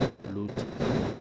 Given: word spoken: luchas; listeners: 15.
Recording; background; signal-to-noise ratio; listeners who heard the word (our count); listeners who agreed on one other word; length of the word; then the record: one Spanish word in noise, from a listening test; noise modulated by one talker; -7.5 dB; 2 of 15; 13 of 15; 0.80 s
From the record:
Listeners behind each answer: 13, 2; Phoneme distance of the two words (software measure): 7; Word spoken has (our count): 2 syllables, 5 phonemes, stress on syllable 1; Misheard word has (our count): 2 syllables, 4 phonemes, stress on syllable 1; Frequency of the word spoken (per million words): 13.12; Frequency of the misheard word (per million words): 133.94